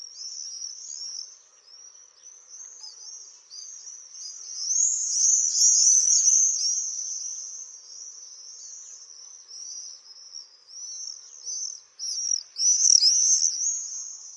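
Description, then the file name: Common swift screams, shrill buzzy trilled notes run together almost without pause, swelling louder around the middle and again near the end. "Jerzyk"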